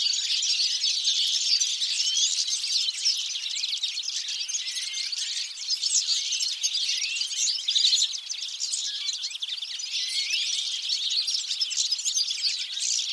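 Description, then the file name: European goldfinch twittering of rapid, sparkling high chirps and short trills, packed tightly together and continuing without pause throughout. "Carduelis carduelis"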